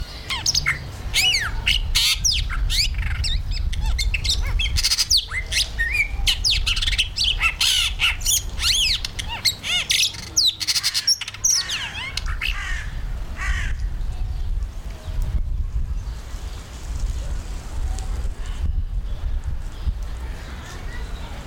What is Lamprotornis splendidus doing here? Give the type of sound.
song